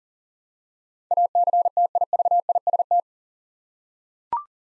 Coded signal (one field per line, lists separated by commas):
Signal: Morse code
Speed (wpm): 41 wpm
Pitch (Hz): 700 Hz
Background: none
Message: ACTIVIST